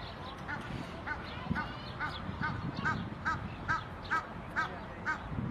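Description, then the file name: Egyptian goose uttering a steady series of hoarse, clipped honks, roughly two per second, over low background noise. "Canto do ganso do egito"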